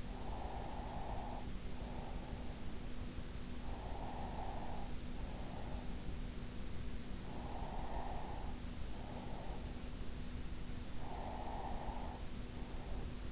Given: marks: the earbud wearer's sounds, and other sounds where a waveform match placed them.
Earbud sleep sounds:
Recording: sounds in sleep by an in-ear microphone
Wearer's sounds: breath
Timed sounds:
0.26-6.26 s: breath
7.26-13.26 s: breath

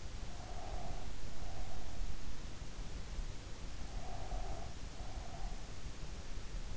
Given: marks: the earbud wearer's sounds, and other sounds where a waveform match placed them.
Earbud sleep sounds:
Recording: sounds in sleep by an in-ear microphone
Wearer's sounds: breath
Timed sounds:
0.35-1.92 s: breath
3.97-5.62 s: breath

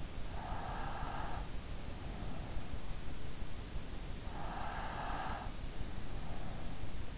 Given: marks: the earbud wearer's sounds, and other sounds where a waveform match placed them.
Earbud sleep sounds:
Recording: sounds in sleep by an in-ear microphone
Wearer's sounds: breath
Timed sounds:
0.23-2.81 s: breath
4.23-7.18 s: breath

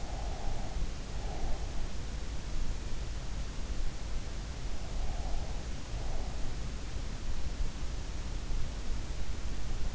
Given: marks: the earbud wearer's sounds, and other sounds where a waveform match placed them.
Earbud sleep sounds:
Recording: sounds in sleep by an in-ear microphone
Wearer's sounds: breath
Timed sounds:
0.00-1.65 s: breath

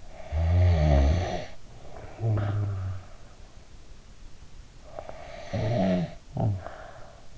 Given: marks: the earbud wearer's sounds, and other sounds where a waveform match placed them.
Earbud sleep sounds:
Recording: sounds in sleep by an in-ear microphone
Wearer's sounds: snoring breath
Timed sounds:
0.00-3.46 s: snoring breath
4.81-7.30 s: snoring breath

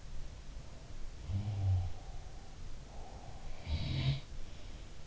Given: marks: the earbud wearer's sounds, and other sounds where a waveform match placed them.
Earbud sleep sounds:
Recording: sounds in sleep by an in-ear microphone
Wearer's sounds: breath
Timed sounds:
1.17-4.34 s: sound from someone else or the room
1.33-3.87 s: breath

